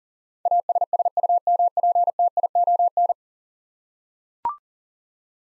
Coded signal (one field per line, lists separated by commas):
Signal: Morse code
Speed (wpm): 40 wpm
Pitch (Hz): 700 Hz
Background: none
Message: ASSUMPTION